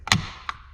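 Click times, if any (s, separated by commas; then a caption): 0.1 s. A plastic battery terminal cover is pressed back onto a battery terminal on a GMC 2500 HD during a battery replacement. It gives a sharp, bright snap at 0.1 s, followed by a fainter click at 0.5 s with a short ringing tail. The cover is seated in place.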